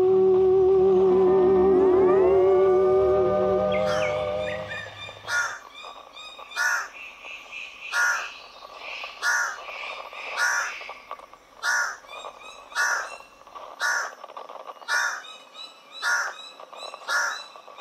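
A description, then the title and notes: New Guinea rainforest sounds open with a wavering, whistling tone and rising glides over a low hum that fades by about five seconds. Then harsh, crow-like bird calls repeat steadily, about one per second, each a short bright burst, with little else behind them. The sounds and atmosphere of the New Guinea rainforest.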